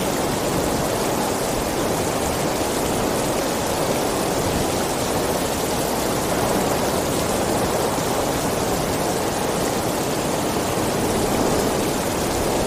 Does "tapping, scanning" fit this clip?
no